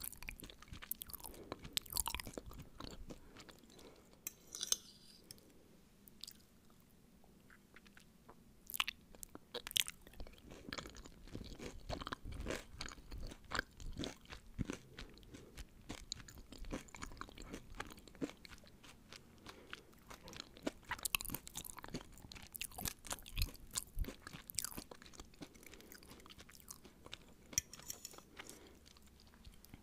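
Crisp eating sounds fill the whole clip: irregular bites and crunchy chewing with sharp bright clicks scattered throughout, busiest around the start, the middle and again near 21 to 25 seconds. A low, dull tone sits underneath.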